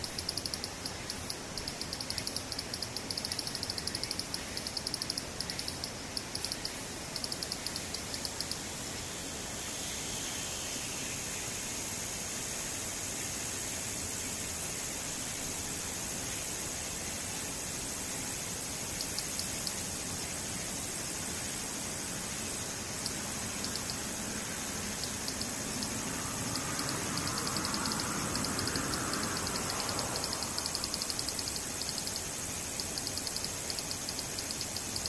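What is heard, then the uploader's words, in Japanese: Cicadas and other insects keep up a dense, unbroken high shrill for the whole 35 seconds, over a steady hiss. The level stays even, and from about 25 to 31 seconds a lower whooshing sound swells and fades, like a vehicle passing. セミムシ。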